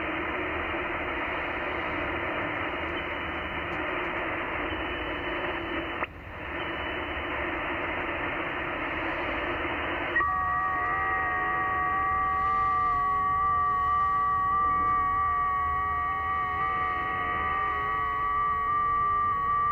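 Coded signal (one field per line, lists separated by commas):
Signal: FT8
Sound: band hiss, then several overlapping soft steady warbling tones stepping in pitch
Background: radio static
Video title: E6AF, Niue Is., Pacific Ocean, OC-040, 7MHz, FT8, Worked by HL2WA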